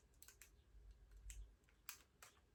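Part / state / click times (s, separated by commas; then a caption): plastic toy missile into spring-loaded launcher on toy spaceship wing / not seated / none. A small plastic toy missile is handled against the upper spring-loaded launcher on the wing of a vintage Takara Rocket Firing X-Wing Fighter toy spaceship. Light plastic ticks and taps are heard, with sharper clicks around 0.4, 1.3 and 1.9 seconds. The missile has not seated or clicked into the launcher yet.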